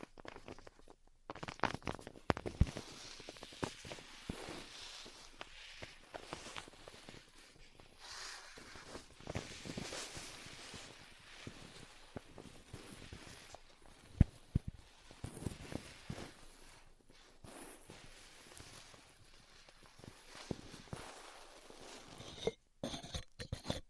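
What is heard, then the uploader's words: Styrofoam being cut with a hot tool gives a dense, crackling rustle with many quick irregular snaps over a hissy bright layer. The texture stays busy throughout, with a sharper pop near the middle and brief gaps near the start and end. ASMR Styrofoam Heat Cutting (No Talking).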